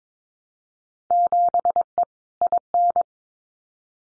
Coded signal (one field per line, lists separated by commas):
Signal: Morse code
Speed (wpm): 22 wpm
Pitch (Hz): 700 Hz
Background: none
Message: 7E IN